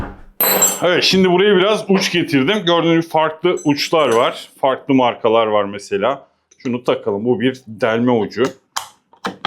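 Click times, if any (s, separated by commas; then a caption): 9.5 s. Someone talks while an SDS Plus drill bit is pushed into the SDS Plus chuck of a new-series Assur cordless rotary hammer, with a few light handling taps near the end. A sharp click at 9.5 s marks the bit seating and locking into the chuck.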